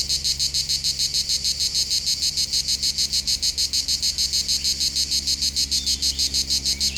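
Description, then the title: Cicadas chorusing in a harsh, high-pitched buzz that throbs quickly and evenly throughout. Local cicadas in full activity on a hot summer day at the foot of the Molard de Vions, Vions, France; rhythmic song. "Rue De BOVERON, Vions, France - Rythmique des cigales"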